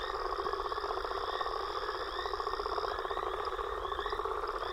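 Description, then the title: Frogs and toads calling in a dense, continuous chorus of overlapping rapid croaks and trills, with a steady high tone above. Frog and toad chorus recorded after a storm. "Frog And Toad Chorus Post Storm With Thunder"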